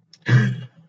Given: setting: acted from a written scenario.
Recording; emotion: vocal sound without words; negative surprise